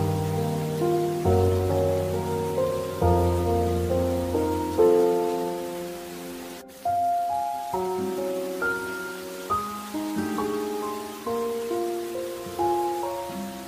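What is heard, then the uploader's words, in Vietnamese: Soft piano plays slow, sustained chords that change every couple of seconds, then shifts after a brief break near the middle to lighter single notes in a higher register. A steady, gentle hiss of rain sits underneath throughout. Thư giãn cùng tiếng mưa, nhạc piano giúp bạn ngủ ngon.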